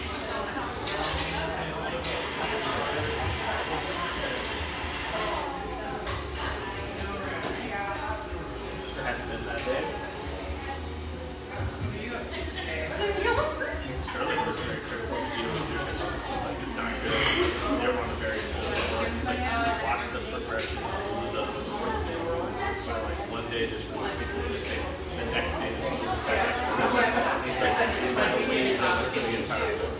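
Steady murmur of voices fills an espresso joint, with frequent clinks and clatters of cups throughout and a constant low hum underneath.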